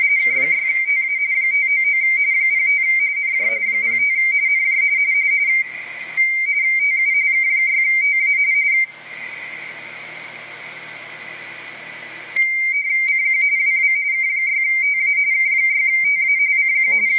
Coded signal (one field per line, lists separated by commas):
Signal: RTTY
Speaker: 599 in california calling cq again november 4 whiskey